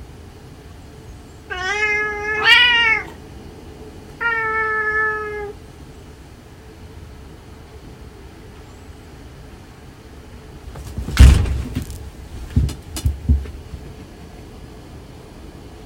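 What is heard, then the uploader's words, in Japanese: Cats squabbling at home: two drawn-out, whining meows come early, the first wavering and rising, the second flatter and steady. After a quiet stretch with a low hum, a burst of sharp thumps and scuffling noises breaks out near the end. お兄ちゃんとけんかをしました。2匹のキジトラ。ねこの日常 兄弟げんか。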